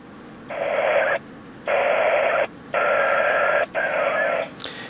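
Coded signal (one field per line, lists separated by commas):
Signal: HF data modem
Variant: VARA HF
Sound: four bursts of wide hissing data noise, separated by brief pauses and clicks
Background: radio static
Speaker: And you can hear those VAR sounds in the background.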